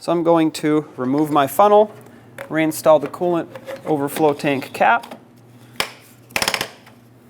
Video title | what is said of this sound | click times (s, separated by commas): How to Replace Coolant Tank 1999-2025 Ford E-350 | Ratchet it a couple times. That's how it locks in place. | 6.4 s, 6.5 s, 6.6 s